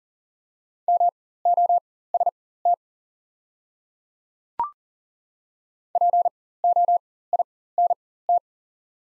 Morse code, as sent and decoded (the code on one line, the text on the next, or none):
-- --- ... - / .--. --- .. -. -
MOST POINT